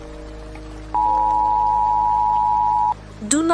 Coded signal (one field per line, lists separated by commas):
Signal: Emergency Alert System (SAME) tones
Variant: 853 and 960 Hz attention tone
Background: speech, music